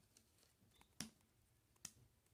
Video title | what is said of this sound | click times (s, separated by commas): Transformers: studio series core class Shockwave review | there you hear like a little click | 1.0 s, 1.9 s